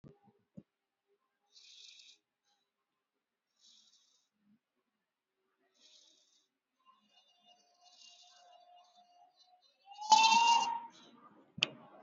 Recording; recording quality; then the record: shallow breathing; excellent, no background noise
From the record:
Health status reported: healthy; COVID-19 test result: not tested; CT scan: not taken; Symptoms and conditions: breathing difficulty, hypertension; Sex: female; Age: 73 years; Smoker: no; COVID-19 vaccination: both doses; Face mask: worn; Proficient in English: yes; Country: India